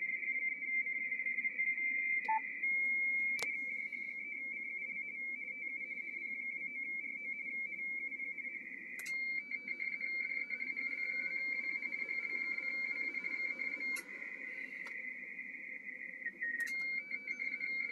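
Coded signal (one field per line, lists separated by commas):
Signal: RTTY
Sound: continuous warbling two-tone data tone around 2 kHz with occasional short beeps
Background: low hum, radio static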